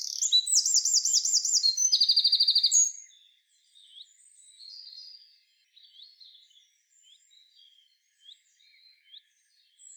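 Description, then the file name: Eurasian wren song ending in fast, high, metallic trills, followed by a string of faint, scattered chips. "Troglodytes troglodytes"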